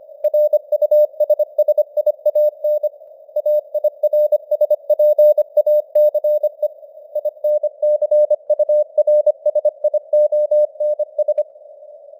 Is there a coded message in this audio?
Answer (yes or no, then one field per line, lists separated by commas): yes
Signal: Morse code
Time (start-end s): 0.2-11.4 s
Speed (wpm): 25 wpm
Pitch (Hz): 600 Hz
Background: none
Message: RUSSIAN AIRSPACE INCURSIONS